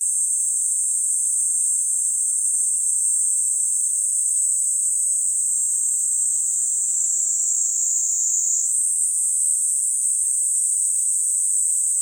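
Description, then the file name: Cicadas droning continuously in a high, hissing chorus that holds one level throughout, with a small shift in tone about two-thirds of the way through. Several cicadas in summer at Sannohe. "INSECT CICADAS SANNOHE SUMMER"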